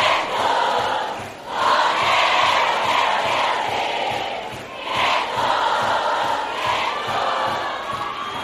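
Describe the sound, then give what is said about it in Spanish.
A large crowd at a show roars and cheers loudly and continuously as an artist receives a platinum record, a dense wash of voices and applause that swells and dips slightly over several seconds without letting up. “Yo quiero escuchar bien fuerte el aplauso.”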